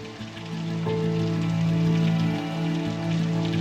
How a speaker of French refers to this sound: Et le 20 avril 1975, au petit matin, sous une pluie diluvienne, une jeep et deux camions s'arrêtent devant les grilles.